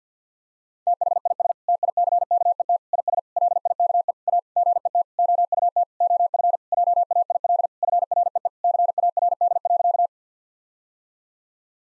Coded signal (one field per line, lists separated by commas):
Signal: Morse code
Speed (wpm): 50 wpm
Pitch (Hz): 700 Hz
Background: none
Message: THIS TICKET IS LIKE A GET OUT OF JAIL FREE CARD.